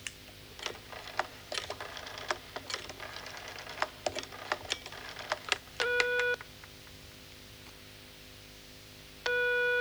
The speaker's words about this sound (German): Indem ich nämlich einfach die Nummer wähle.